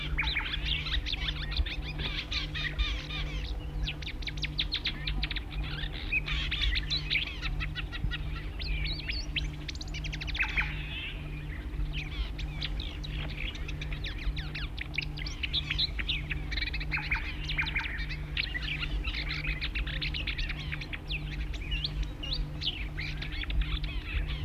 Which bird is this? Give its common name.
Marsh Warbler